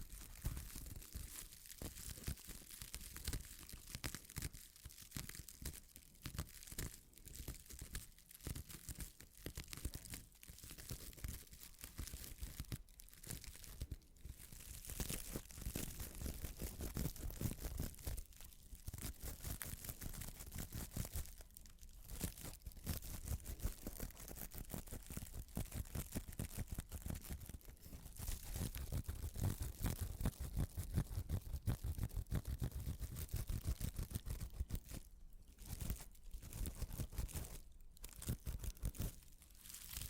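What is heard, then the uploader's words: Scratching sounds run nearly nonstop through the clip, a dense, rough rasp with papery, crinkly texture. Strokes come fast and fairly regular, with brief near-silent gaps around 14, 18, 22, 35 and 38 seconds. The level stays fairly even throughout. ASMR Mini Scratching (NO TALKING).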